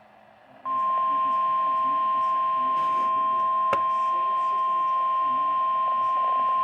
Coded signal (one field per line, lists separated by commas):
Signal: Emergency Alert System (SAME) tones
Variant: 1050 Hz attention tone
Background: speech